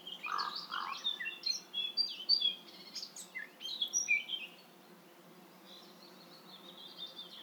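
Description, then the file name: Eurasian blackcap warbling in quick, varied chirps and short whistles for about four and a half seconds, then a faint high trailing phrase over steady background hiss. "Sylvia atricapilla"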